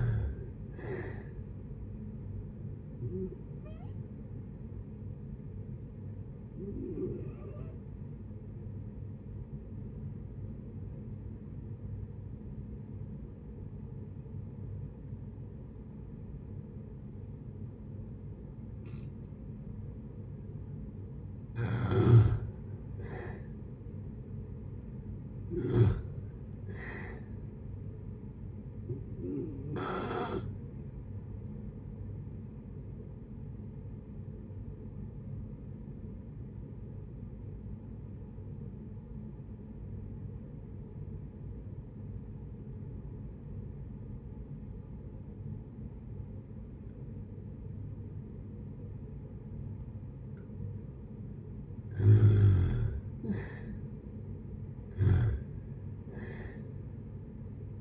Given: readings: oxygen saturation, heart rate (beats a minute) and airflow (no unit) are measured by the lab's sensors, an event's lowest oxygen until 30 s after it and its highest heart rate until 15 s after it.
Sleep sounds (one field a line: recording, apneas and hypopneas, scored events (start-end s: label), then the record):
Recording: breathing in sleep by a smartphone at the bedside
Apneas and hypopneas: 2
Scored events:
5.00-22.30 s: hypopnea (N1, oxygen 95% highest, then 84% lowest, heart rate 69 at the start, 70 highest)
20.00-50.00 s: new sleep stage, N2 (light sleep)
33.00-51.40 s: obstructive apnea (N2, oxygen 95% highest, then 82% lowest, heart rate 65 at the start, 74 highest)
50.00-57.81 s: new sleep stage, N1 (lightest sleep)
From the record:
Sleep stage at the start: N1 (lightest sleep)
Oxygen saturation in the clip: 84 to 95%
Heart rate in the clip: 56 to 70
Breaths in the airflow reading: 10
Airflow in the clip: -8.0 to 6.7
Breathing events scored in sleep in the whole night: 496 in 5.4 hours asleep